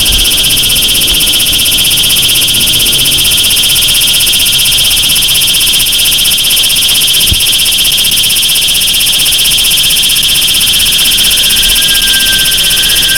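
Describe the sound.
Cicada song, an unbroken shrill buzzing drone with fine rapid pulses, a faint thin tone and low noise beneath.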